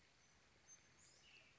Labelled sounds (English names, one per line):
Western Tanager